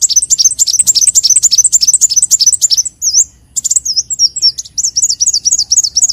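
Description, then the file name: Leafbird song: fast, high, chattering chirps that pause briefly, then resume as a string of repeated looping whistled notes. "Tieng chim xanh tim"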